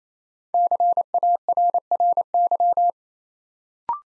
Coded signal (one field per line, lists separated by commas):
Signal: Morse code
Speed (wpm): 27 wpm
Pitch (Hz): 700 Hz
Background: none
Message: CARRY